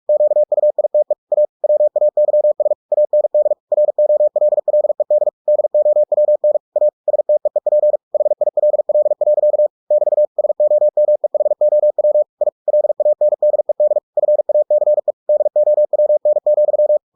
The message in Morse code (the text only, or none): QUITE A WAYS AND ROLLED DOWN A STEEP HILL. <BT> SOMEHOW I LANDED FACE DOWN,